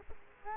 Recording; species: mosquito wingbeat signal from an infrared sensor; Culex quinquefasciatus